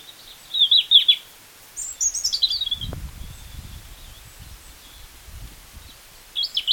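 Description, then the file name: European robin song: high warbling phrases, one dropping from very high thin notes into trills, with low rustling partway through. "Erithacus rubecula"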